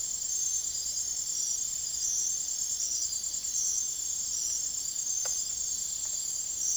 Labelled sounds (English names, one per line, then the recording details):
none
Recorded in secondary vegetation near Puerto Asís, Putumayo, Colombia, on 22 June 2025 at 02:30
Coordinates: 0.489, -76.322
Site G021